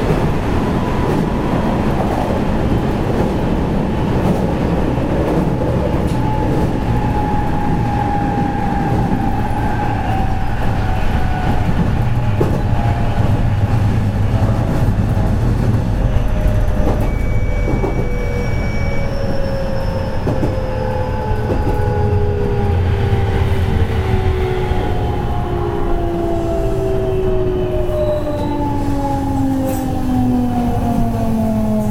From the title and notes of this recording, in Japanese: JR207系 尼崎から住吉まで。JR西日本 207系電車の走行音です。JR神戸線の普通列車にて収録しました。